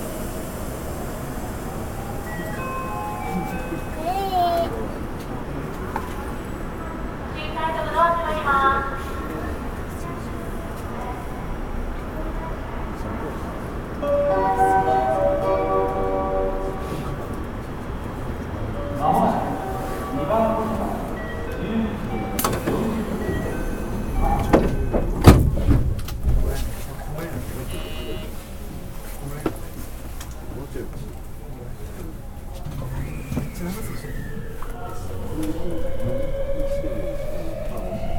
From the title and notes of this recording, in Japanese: JR223系 神戸線新快速 三ノ宮から大阪まで。JR西日本の223系電車の走行音です。JR神戸線の新快速列車にて収録しました。